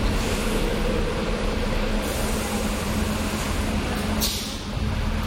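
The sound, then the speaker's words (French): A city bus, line 72 in Marseille in August 1973, rumbles with a steady, droning engine hum, and a short sharp hiss of air brakes bursts out near the end before the idling drone carries on. “Un homme monte dans le bus 72 qui relie la place Bougainville à la promenade de la plage.”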